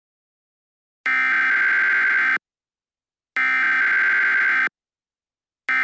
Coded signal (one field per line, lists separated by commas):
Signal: Emergency Alert System (SAME) tones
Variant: header bursts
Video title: The Boston Molassacre - EAS Mock Scenario